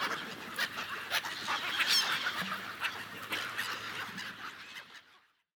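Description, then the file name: Gulls squealing and yelping in a busy chorus of high cries that fades away near the end. Several gulls. "seagulls"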